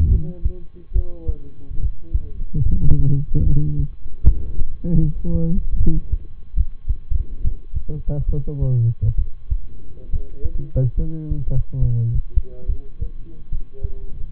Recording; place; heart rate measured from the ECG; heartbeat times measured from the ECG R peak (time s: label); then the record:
heart sounds by stethoscope; between the tricuspid and mitral areas; 72 bpm
0.07 s: heartbeat
0.91 s: heartbeat
1.78 s: heartbeat
2.62 s: heartbeat
3.42 s: heartbeat
4.23 s: heartbeat
4.98 s: heartbeat
5.76 s: heartbeat
6.53 s: heartbeat
7.40 s: heartbeat
8.25 s: heartbeat
9.14 s: heartbeat
10.09 s: heartbeat
10.94 s: heartbeat
11.78 s: heartbeat
12.65 s: heartbeat
13.48 s: heartbeat
14.30 s: heartbeat
From the record:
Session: rest, lying down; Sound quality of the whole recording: good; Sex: male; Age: 23 years